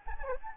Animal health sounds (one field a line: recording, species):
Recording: mosquito wingbeat signal from an infrared sensor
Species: Anopheles gambiae